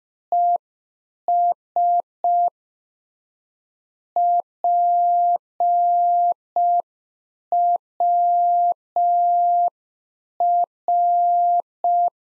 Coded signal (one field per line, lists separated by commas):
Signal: Morse code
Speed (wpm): 5 wpm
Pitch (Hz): 700 Hz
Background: none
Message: ES PWR